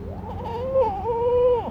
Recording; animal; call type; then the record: contact call of a hoofed animal; goat; low-frequency (closed-mouth) or high-frequency (open-mouth) call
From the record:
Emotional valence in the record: negative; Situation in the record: short social isolation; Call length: 1.70 s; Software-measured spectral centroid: 1050 Hz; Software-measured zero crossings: 1140 a second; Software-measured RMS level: -23 dBFS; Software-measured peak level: -11 dBFS